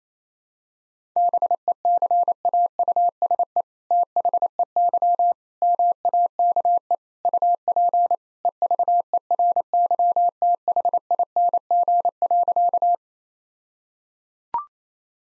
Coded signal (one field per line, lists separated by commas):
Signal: Morse code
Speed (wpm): 28 wpm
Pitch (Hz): 700 Hz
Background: none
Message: BECAUSE THEY MAKE UP EVERYTHING.